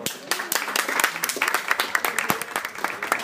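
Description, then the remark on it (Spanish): A burst of applause from a small group, many hands clapping in a quick, uneven patter that stays steady and fairly loud for a few seconds. “¡Un aplauso!”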